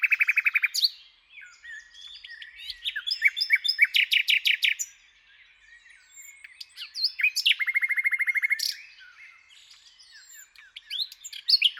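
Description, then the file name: Common nightingale singing, opening with a buzzy rapid trill, then series of sharp repeated notes, quiet varied passages and another fast trill. "Luscinia megarhynchos"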